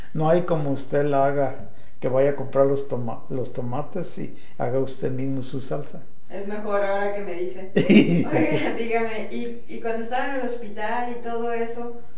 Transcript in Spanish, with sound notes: No hay como usted la haga, que vaya a comprar los tomates y haga usted mismo su salsa.
Es mejor, ahora que me dice. (risas) Oiga, dígame, y cuando estaba en el hospital y todo eso,